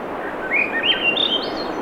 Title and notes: Swainson's Thrush pm. Swainson's Thrush singing Wednesday June 7, 2017 7:15 pm temperature low 50s clear skies between the tides Sun Dew Trail where it intersects with trail to Ocean Beach Schoodic Pennisula Acadia National Park Winter Harbor, ME